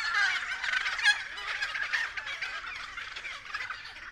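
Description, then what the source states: Friarbirds calling: a dense chorus of harsh, cackling, clattering notes overlapping without pause, several birds at once. Several friarbirds recorded at 6:30 AM.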